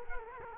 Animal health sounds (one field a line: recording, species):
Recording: mosquito wingbeat signal from an infrared sensor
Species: Culex quinquefasciatus